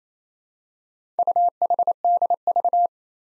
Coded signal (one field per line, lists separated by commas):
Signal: Morse code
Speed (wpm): 29 wpm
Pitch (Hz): 700 Hz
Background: none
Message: UHDV